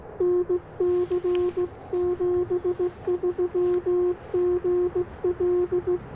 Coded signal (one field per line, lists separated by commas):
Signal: Morse code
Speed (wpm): 16 wpm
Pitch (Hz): 360 Hz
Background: none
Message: NC 73 GL